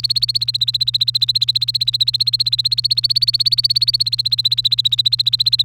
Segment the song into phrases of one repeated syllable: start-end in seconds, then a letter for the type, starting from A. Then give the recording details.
0.00-5.63 A. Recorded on 3 May 2018 at 06:58. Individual llb3